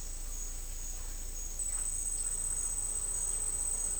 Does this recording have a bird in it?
no